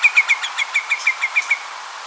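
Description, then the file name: Hudsonian whimbrel calling, a rapid run of about ten short whistled notes on one pitch, over a steady hiss. "canto do macarico de bico torto"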